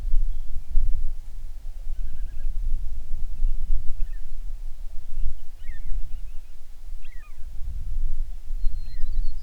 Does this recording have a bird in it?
yes